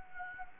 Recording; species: mosquito wingbeat signal from an infrared sensor; Anopheles gambiae